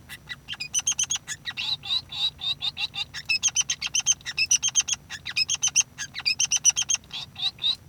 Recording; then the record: song of a male Bengalese finch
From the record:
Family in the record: son of father 3